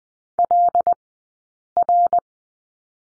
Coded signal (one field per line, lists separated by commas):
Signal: Morse code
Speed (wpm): 20 wpm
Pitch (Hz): 700 Hz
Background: none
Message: LR